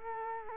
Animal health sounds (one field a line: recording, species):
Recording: mosquito wingbeat signal from an infrared sensor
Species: Culex quinquefasciatus